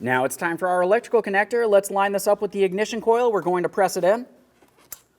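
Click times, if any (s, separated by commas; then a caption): 4.9 s. Someone talks while a plastic electrical connector is lined up with the ignition coil of a 2015-2025 Ford Transit 250 and pressed in. A short sharp click at 4.9 s marks the connector seating onto the coil, and a light tug confirms it is secured.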